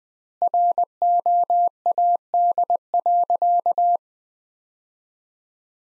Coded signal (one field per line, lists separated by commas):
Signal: Morse code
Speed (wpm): 20 wpm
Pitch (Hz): 700 Hz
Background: none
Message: ROAD.